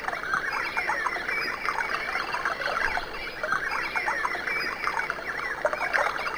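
Birds twittering together, rapid overlapping chirps and a few squeaky whistles forming an unbroken chatter over steady background hiss.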